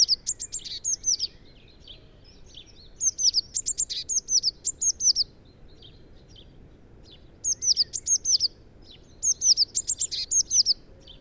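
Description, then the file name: Eurasian blue tit giving repeated high trilled phrases, each a quick run of sharp notes, at irregular intervals, over low background noise. "Cyanistes caeruleus"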